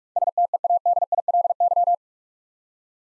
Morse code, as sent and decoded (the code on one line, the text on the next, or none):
... - . .- -.. .. .-.. -.--
STEADILY